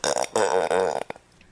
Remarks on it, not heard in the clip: That's a horrid sounding burp. Sound like a fart. That's with corrective surgery? It still doesn't sound relaxed. No, it doesn't, does it? No, it sounds stressed. I have a condition called RCPD, and it stands for retrograde cricopharyngeus dysfunction. So basically, what that means is I can't burp.